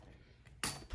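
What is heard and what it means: A long metal slimline thin-cut die is lined up and pressed into the matching recess of a die-cutting machine mat. After a faint tick, a sharp snap is heard at 0.6 s, followed by a short low thump. The die is seated in its recess.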